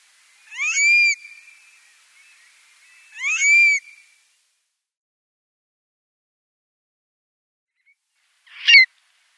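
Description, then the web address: Stone curlew giving two wailing whistled calls with rising starts and held tones, then a long pause and one short, harsh note near the end. "Schulze Peter Stone Curlew calls"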